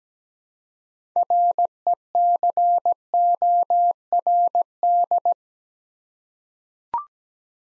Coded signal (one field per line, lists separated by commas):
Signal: Morse code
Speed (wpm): 17 wpm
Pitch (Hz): 700 Hz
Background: none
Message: RECORD